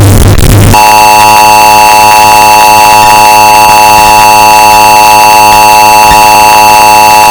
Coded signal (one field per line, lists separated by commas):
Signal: Emergency Alert System (SAME) tones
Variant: 853 and 960 Hz attention tone